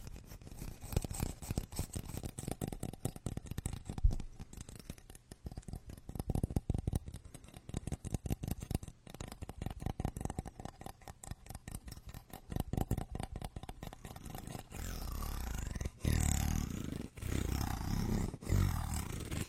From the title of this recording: massage SPA with ASMR wood products